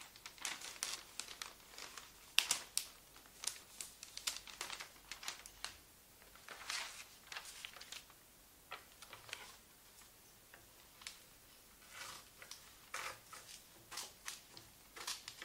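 Gift paper crinkles and rustles in quick, uneven bursts of bright crackling, with a sharper snap near two seconds and brief pauses between.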